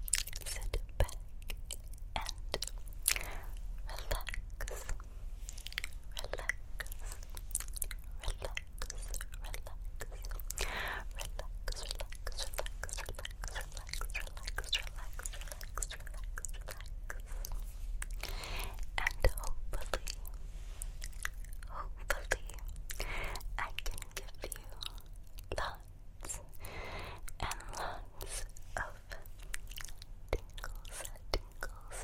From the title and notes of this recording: ASMR 10 Personal Attention Triggers Plucking, Face Touching, Tracing.